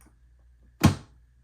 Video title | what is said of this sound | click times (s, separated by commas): 📦 Bosenkitchen VS4100 Vacuum Sealer - Unboxing & Full Review 🔥 | Put down the handle and close the lid, and you'll hear it click. | 0.8 s